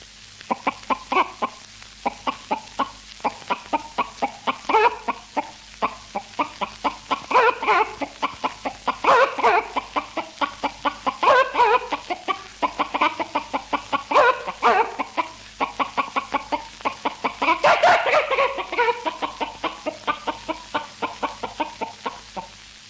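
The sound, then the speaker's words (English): A flock of chickens clucks continuously, dense overlapping bursts of short, throaty calls in steady rhythm, with a few louder squawks rising above the chatter, no voices. “Chicken.”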